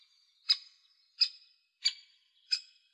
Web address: Dendrocopos major